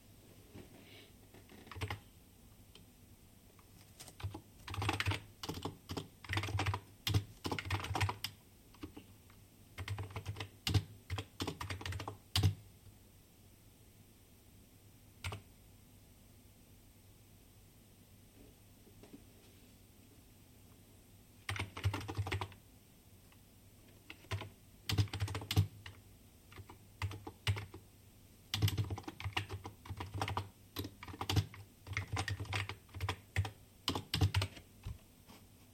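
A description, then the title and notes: Typing on a keyboard, in bursts of rapid clicking and clacking separated by quiet pauses. Busy stretches run from about 2 to 12 seconds and again from 21 seconds on, with a steady low hum underneath throughout. Typing sound. In CityU HK, School of creative media, pod 6.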